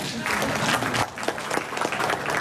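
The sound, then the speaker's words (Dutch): An audience of residents at a meeting breaks into steady applause for a man, a dense patter of many hands clapping loudly throughout, with a brief dip around the middle before the clapping carries on. “Ik wil eerst eigenlijk als bewoner met mijn applaus voor deze man die even de nek is ook echt van ons.”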